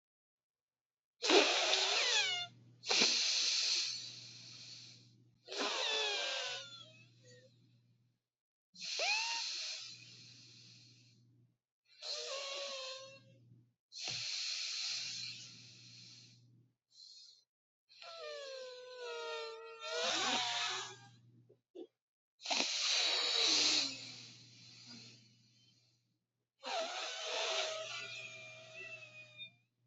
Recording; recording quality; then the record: deep breathing; moderate, slight background noise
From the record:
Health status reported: healthy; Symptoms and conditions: none ticked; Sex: male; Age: 22 years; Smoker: not ticked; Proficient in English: yes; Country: United States